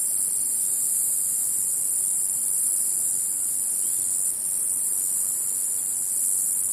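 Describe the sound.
Cicada song: a continuous shrill buzz, very high and even, running without a break through the whole stretch.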